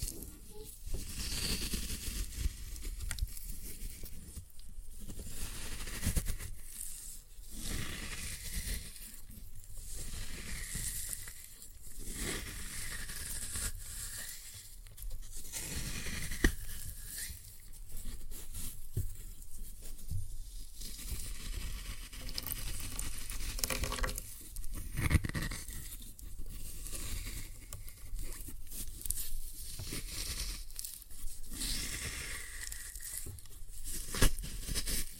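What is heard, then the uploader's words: Floral foam being crushed in a steady, dense run of crunching and crackling, with brief gritty surges and short pauses throughout. Floral Foam Glitter Bomb Crushing.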